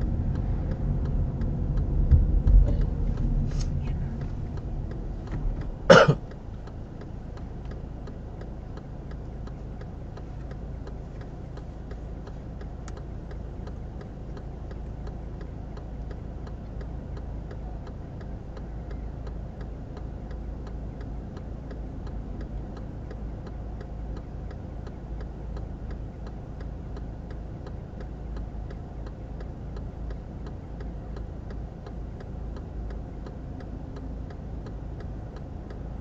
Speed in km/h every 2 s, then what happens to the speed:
22, 16, 0, 1, 0, 0, 0, 0, 0, 0, 0, 0, 0, 0, 0, 0, 0, 0.
1-5 brakes to 0. 5-36 standing.